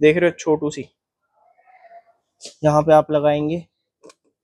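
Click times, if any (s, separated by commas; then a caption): none. Someone talks while a key is brought to the passenger airbag on/off deactivation switch in the all-new Tata Harrier, ready to turn it to the off position. A quiet pause separates the talking, and the clip ends before the switch is turned, so nothing has clicked into position yet.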